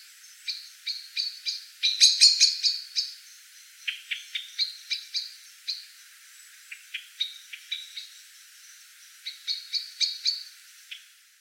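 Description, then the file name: Common blackbird giving sharp, clicking chink notes in quick irregular runs, with a louder cluster of chattering notes around two seconds in, then steady scattered chinks. "Turdus merula"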